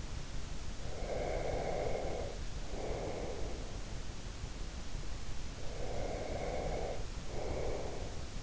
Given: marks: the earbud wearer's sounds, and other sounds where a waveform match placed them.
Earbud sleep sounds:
sounds in sleep by an in-ear microphone; breath
0.93-3.95 s: breath
5.58-8.43 s: breath

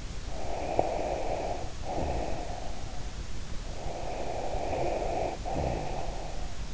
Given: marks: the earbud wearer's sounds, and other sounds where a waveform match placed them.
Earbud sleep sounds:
sounds in sleep by an in-ear microphone; breath
0.25-2.84 s: breath
3.44-6.67 s: breath

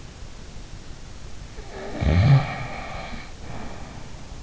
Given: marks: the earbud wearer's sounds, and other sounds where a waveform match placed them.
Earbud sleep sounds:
sounds in sleep by an in-ear microphone; snoring breath
1.65-4.22 s: snoring breath

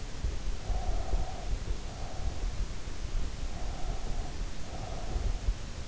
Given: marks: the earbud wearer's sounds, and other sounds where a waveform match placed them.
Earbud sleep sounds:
sounds in sleep by an in-ear microphone; breath
0.31-2.50 s: breath
3.49-5.79 s: breath

